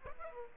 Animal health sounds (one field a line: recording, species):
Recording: mosquito wingbeat signal from an infrared sensor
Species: Aedes aegypti